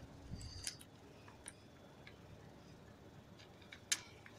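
An intake part or hose is pushed back onto the throttle body (air metering unit) of a 1.6 HDi engine, as fitted to Citroën C5, C4, C3, C2 and Peugeot 407, 307, 207 models. Faint ticks at 0.7 s and 1.5 s are followed by a sharp, loud click at 3.9 s as the part seats home against a low steady background.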